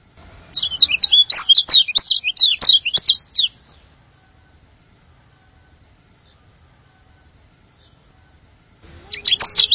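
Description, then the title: Bird song, a dense high twittering phrase of about three seconds with clicks, a long pause, then the song resumes. "burung online"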